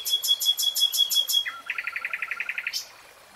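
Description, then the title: Nightingale song opening with fast bright repeated notes over a thin whistle, then dropping into a lower, quicker series and a final sharp note. Real-time recording of a nightingale singing. "[Tiếng chim hót] REALTIME Nightingale Singing"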